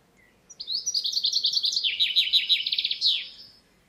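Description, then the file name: Common chaffinch song, a rapid trill of high, bright notes stepping gradually lower over about three seconds and ending in an emphatic flourish. "Fringilla coelebs"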